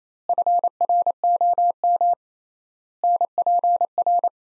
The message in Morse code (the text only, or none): FROM NPR